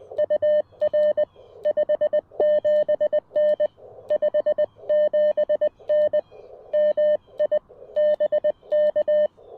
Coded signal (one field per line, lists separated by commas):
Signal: Morse code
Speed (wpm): 20 wpm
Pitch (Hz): 1800 Hz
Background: none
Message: UR 57N 57N MI BK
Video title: Knee-POTA! Chilly Sunday Morning CW Activation with the CFT1!